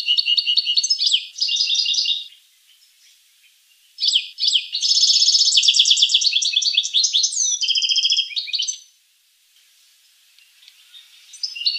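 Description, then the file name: Finch song: a short trilled phrase, a pause, then a longer rapid series of high warbled trills and rolling notes, followed by quiet. "sing finch mouth lor"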